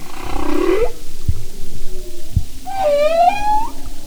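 Humpback whale song: a buzzy rising note, a faint low tone, then a harmonic cry rising at its end, with a few soft low thumps beneath.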